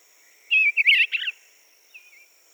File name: Eastern Bluebird Sialia sialis